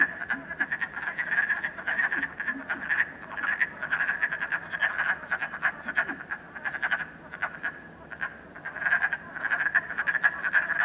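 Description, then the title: Frogs croaking in a dense chorus, rapid rattling pulses overlapping continuously. Frogs in a puddle at night in Canada, recorded during COVID-19. "Frogs, Night, Train, Canada"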